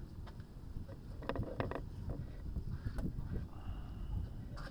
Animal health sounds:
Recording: poultry house recording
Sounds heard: no chicken sound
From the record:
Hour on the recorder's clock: 21

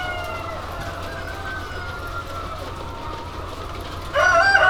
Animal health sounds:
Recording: poultry house recording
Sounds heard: healthy chickens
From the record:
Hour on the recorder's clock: 0

